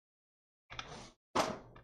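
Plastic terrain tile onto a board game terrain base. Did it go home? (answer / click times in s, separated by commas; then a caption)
no / none. A plastic Heroscape terrain tile is handled over another board game terrain base, producing two bursts of plastic rustling and knocking around 0.7 to 1.1 s and 1.4 to 1.9 s. Nothing has seated or clicked into place yet.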